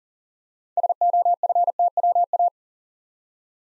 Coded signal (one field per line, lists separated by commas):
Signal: Morse code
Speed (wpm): 40 wpm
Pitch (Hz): 700 Hz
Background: none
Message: SOFTWA